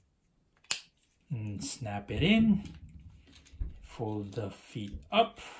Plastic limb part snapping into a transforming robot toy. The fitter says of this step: okay and snap